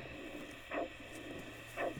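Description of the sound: Two soft whooshing pulses about a second apart over a steady low hum, roughly 55 to 60 a minute: the heartbeat of a freshly molted, relatively large female tarantula, heard with an ultrasound machine of the kind used for fetal heart rates in people. It sounds much like a human heart and slows as the spider calms.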